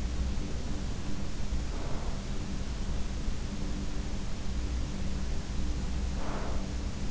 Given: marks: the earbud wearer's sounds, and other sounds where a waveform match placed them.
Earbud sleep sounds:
sounds in sleep by an in-ear microphone; breath
1.52-2.65 s: breath
6.05-7.11 s: breath

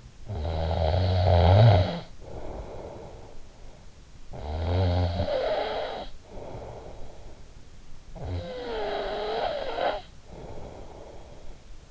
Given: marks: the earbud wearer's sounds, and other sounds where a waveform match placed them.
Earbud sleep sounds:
sounds in sleep by an in-ear microphone; snoring breath
0.00-3.60 s: snoring breath
3.94-7.74 s: snoring breath
7.97-11.91 s: snoring breath

